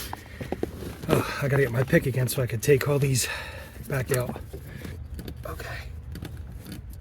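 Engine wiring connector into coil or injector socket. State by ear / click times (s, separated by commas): seated / 6.1 s, 6.2 s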